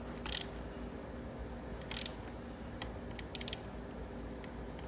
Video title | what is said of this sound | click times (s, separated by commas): 2025 KX250 Coolant Change | There's the click right there. | 0.3 s